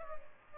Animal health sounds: mosquito wingbeat signal from an infrared sensor; Culex pipiens

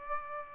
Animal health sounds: mosquito wingbeat signal from an infrared sensor; Aedes aegypti

